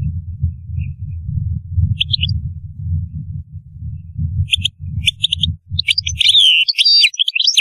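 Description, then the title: European goldfinch song, scattered twitters growing into a fuller rapid warble in the last seconds, over a steady low rumbling noise that stops near the end. "Chant Chardonneret"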